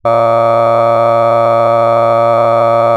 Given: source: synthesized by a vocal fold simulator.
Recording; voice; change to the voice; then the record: sustained vowel; male; cycle-to-cycle stiffness perturbation (roughness), level 6 of 10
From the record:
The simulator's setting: 3.46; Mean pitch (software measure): 115 Hz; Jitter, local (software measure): 1.78%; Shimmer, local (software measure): 6.5%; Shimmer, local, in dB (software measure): 0.56 dB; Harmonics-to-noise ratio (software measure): 14.5 dB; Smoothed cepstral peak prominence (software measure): 19.1 dB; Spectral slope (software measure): -17.1 dB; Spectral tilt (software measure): -11.8 dB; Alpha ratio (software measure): -7.5 dB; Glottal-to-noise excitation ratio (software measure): 0.994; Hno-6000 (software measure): 2.5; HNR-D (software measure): 22.2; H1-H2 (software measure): 5.0 dB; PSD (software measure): 1.2e-04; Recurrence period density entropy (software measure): 0.106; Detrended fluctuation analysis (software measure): 0.0546